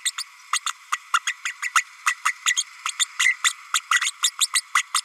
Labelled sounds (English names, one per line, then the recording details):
Green-rumped Parrotlet babbling
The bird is a female
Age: 32 days
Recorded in a nest box in Venezuela
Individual 17B32A5